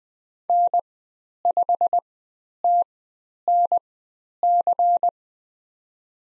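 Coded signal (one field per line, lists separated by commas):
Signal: Morse code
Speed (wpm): 20 wpm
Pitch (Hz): 700 Hz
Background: none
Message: N5TNC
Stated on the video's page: Morse code course lesson on letter C and call signs, Farnsworth speed 20/10 wpm.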